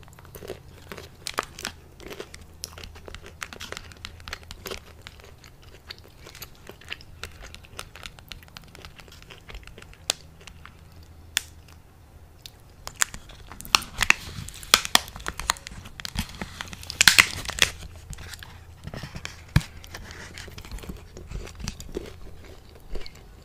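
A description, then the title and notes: Someone eats a bar, with sharp crunches, crinkles and wet mouth clicks scattered throughout. The bites grow denser and louder after the midpoint, peaking around seventeen seconds. A faint low hum sits underneath. Eating a bar (mouth sounds, eating sounds, crinkling sounds).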